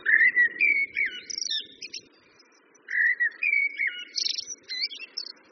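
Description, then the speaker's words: Common blackbird song: two rich, fluting whistled phrases, each trailing into higher squeaky twittering notes, over a soft low hum. Judged the prettiest bird song; presented as beneficial to psychological balance and ideal for waking up gently. "Vous le reconnaissez, Eva, le chant du merle."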